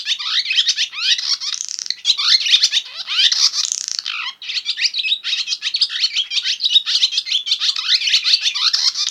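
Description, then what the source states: Barn swallow chatter, a dense continuous twittering of quick squeaky and buzzy notes with rising and falling slurs. Winnipeg.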